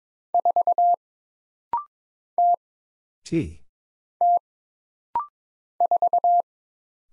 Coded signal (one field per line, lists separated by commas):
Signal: Morse code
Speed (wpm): 22 wpm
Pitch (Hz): 700 Hz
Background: none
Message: 4 T T 4